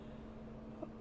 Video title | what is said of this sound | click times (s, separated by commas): U-Turn Orbit Plus - Two Years Later! #vinyl #turntable #records | going all the way up it doesn't seem to like click into place back there or even kind of rest in a noticeably good divot | none